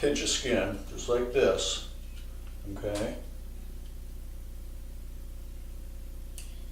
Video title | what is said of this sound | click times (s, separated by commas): The BUN & BEARD Fit Tips #3: Understanding and Measuring Your Body Fat | just do it until it clicks like that so my | 6.4 s